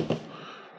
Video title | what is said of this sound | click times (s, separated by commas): PiShop Pi4 Unboxing and installation | that has popped into place | 0.1 s